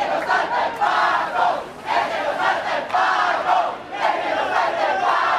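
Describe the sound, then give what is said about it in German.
An angry protest crowd in Chile chants against the police in unison, loud and continuous, with rhythmic surges and brief dips between shouted phrases roughly every one to two seconds, after police deployed water cannons and tear gas. “Es folgten wütende Sprechchöre gegen die Cops.”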